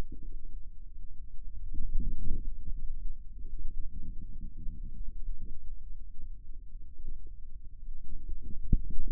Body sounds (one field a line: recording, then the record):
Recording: forearm muscle sounds (acoustic myography)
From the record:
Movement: radial deviation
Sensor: system 2, bracelet of six BSWA MPA416 microphones around the upper forearm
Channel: 5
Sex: female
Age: 25 years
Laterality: right